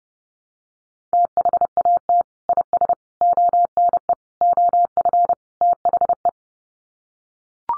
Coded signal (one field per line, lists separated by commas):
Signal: Morse code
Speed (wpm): 30 wpm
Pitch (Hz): 700 Hz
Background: none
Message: THAT IS ONE OF THE